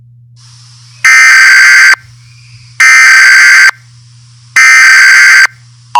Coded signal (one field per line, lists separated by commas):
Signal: Emergency Alert System (SAME) tones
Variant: header bursts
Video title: EAS Mini Scenario Crazy Hand